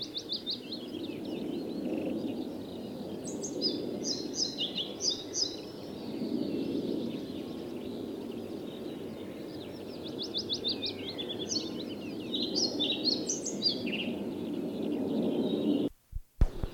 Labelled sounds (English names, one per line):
European Pied Flycatcher song